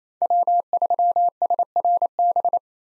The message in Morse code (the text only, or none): W3SRB